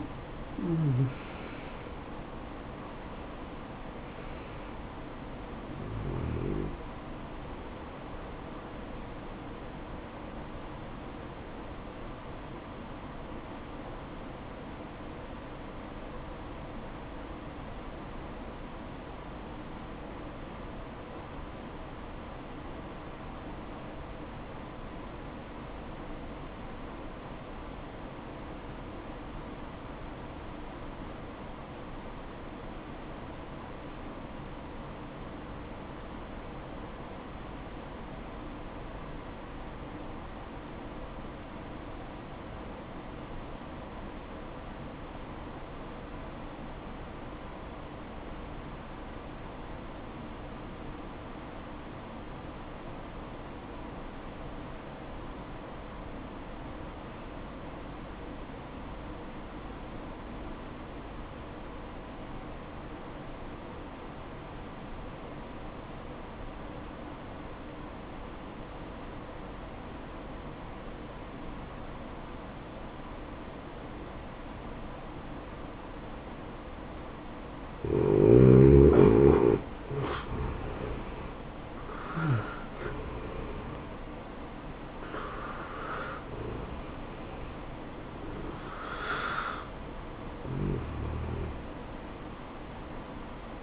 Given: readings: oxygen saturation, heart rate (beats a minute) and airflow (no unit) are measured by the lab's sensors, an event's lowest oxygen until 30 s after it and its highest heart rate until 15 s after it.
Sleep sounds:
breathing in sleep by a voice recorder at the bedside; 1
7.00-93.63 s: new sleep stage, N1 (lightest sleep)
13.00-80.10 s: obstructive apnea (N1, oxygen 95% highest, then 72% lowest, heart rate 60 at the start, 79 highest)
From the record:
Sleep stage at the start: N2 (light sleep); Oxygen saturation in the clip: 75 to 95%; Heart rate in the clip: 55 to 79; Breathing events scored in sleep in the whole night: 573 in 9.8 hours asleep

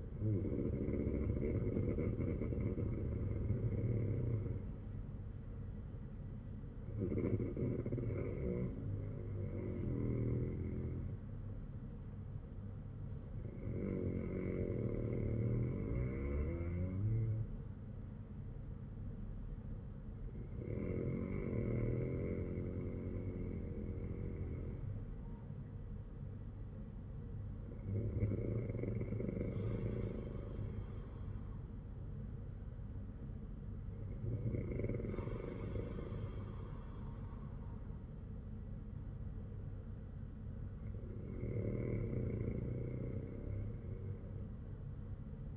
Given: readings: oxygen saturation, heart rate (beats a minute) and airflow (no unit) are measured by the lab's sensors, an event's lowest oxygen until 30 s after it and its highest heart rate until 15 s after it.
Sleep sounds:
breathing in sleep by a smartphone at the bedside; none
none scored
From the record:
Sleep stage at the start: N2 (light sleep); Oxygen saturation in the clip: 96 to 97%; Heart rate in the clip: 53 to 59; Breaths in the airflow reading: 7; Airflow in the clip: -6.2 to 6.8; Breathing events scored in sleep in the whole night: 182 in 7.4 hours asleep

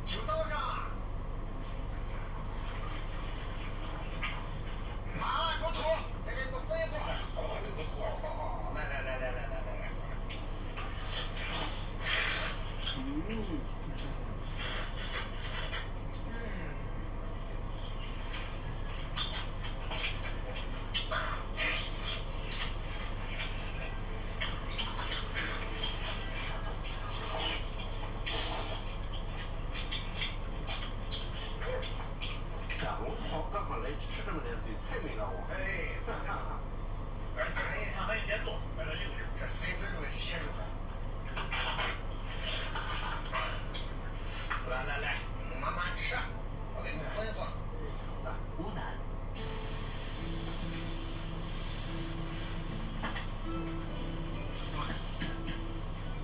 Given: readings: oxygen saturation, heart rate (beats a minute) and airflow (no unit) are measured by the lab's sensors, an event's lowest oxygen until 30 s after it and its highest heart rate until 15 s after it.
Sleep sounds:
a person awake in a sleep study, by a smartphone at the bedside; none
0.00-56.24 s: awake
From the record:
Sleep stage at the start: awake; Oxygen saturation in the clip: 93 to 94%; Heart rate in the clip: 65 to 77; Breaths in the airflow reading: 17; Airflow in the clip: -6.1 to 7.0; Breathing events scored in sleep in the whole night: 476 in 9.7 hours asleep

